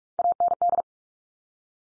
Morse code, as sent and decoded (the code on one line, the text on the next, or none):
.- -. -..
AND